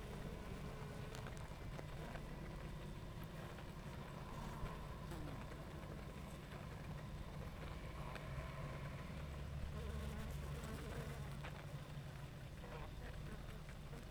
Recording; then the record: honeybee colony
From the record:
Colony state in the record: active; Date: 28 July 2017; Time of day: 19:46